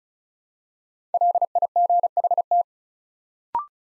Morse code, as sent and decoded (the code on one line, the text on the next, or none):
.-.. .. --. .... -
LIGHT